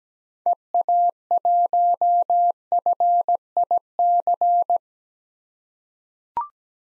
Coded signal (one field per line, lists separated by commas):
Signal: Morse code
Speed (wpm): 17 wpm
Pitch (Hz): 700 Hz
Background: none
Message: EA1FIC